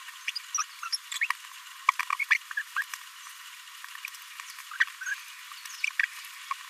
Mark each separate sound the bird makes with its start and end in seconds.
0.28-0.30, 0.35-0.39, 0.58-0.63, 0.92-0.97, 1.99-2.01, 2.12-2.14, 2.30-2.35, 2.76-2.82, 4.80-4.84, 6.51-6.53